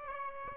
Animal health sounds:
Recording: mosquito wingbeat signal from an infrared sensor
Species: Aedes aegypti

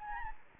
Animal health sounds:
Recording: mosquito wingbeat signal from an infrared sensor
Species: Anopheles gambiae

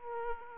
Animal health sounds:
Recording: mosquito wingbeat signal from an infrared sensor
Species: Aedes aegypti

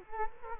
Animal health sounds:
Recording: mosquito wingbeat signal from an infrared sensor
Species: Culex quinquefasciatus

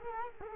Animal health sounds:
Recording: mosquito wingbeat signal from an infrared sensor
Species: Culex quinquefasciatus

